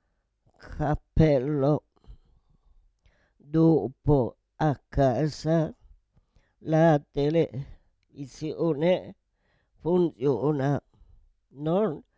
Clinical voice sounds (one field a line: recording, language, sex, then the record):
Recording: read phrases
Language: Italian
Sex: female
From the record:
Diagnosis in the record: Parkinson's disease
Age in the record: 78 years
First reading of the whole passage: 164 s, 3.2 characters per second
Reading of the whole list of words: 108 s, 2.6 characters per second